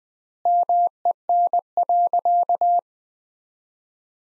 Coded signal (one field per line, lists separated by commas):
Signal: Morse code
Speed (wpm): 20 wpm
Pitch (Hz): 700 Hz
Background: none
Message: MEN.